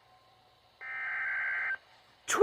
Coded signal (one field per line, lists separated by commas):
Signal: Emergency Alert System (SAME) tones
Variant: header bursts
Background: speech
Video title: More Snow Squalls! EAS Alerts from 2/17/24 (EAS 1133-1145)